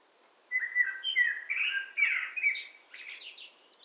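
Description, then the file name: Eurasian blackbird song: a warbled, fluted phrase of low mellow notes that climbs into a higher, scratchy twitter near the end. "Turdus merula"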